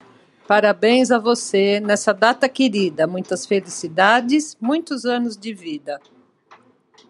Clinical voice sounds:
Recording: short text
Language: Brazilian Portuguese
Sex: female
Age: 60 to 69 years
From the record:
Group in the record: control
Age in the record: 62 years

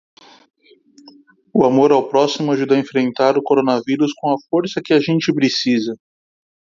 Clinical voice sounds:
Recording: spoken sentence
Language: Brazilian Portuguese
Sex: male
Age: 40 to 49 years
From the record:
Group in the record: control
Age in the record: 40 years

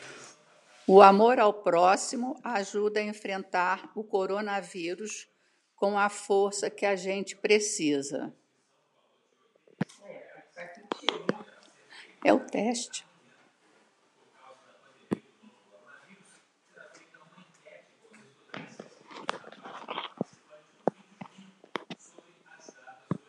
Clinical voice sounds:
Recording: spoken sentence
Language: Brazilian Portuguese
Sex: female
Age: 70 to 79 years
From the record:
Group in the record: control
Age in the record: 77 years

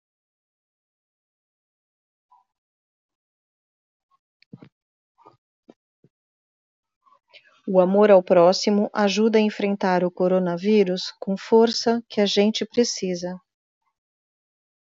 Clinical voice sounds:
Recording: spoken sentence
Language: Brazilian Portuguese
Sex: female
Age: 40 to 49 years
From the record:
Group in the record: control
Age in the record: 44 years

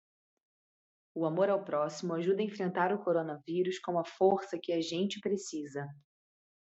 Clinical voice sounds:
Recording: spoken sentence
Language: Brazilian Portuguese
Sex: female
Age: 20 to 29 years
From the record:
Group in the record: control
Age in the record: 26 years

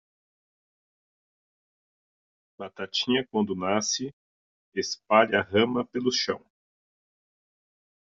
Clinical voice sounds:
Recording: short text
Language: Brazilian Portuguese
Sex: male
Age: 40 to 49 years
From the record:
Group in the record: control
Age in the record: 46 years

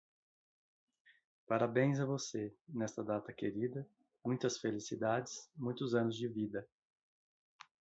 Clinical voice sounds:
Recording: short text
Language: Brazilian Portuguese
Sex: male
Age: 30 to 39 years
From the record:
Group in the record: control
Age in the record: 39 years

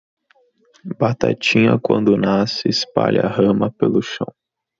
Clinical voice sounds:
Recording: short text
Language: Brazilian Portuguese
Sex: male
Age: 20 to 29 years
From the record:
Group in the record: control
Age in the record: 23 years

